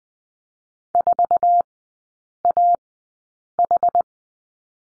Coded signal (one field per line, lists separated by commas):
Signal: Morse code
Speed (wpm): 20 wpm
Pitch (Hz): 700 Hz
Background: none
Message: 4AH